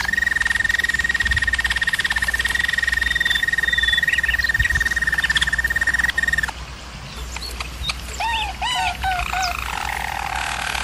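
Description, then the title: German Roller canary song: a steady, high rattling trill held about six seconds, then scattered short rising and falling notes with a softer lower roll. Singing; used for canary training. "German Roller Canary Singing - Canary Training Vid"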